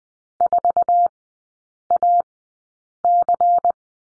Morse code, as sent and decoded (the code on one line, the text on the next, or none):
....- .- -.-.
4AC